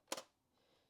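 A plastic paper cassette is reinserted at the correct angle into a Canon Selphy 1500 compact photo printer. A sharp click sounds at 0.1 s, followed closely by a second snap, then near silence. The cassette is seated and confirmed in.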